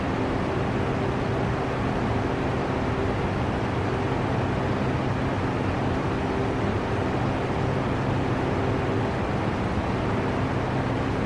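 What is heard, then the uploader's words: A fan runs with a steady, dense whoosh that never changes in level across the whole stretch. The sound is full and low-heavy, with a faint motor hum holding a few steady tones underneath and a smooth hiss spreading up through the higher range. Fan Sounds For Relaxation White Noise.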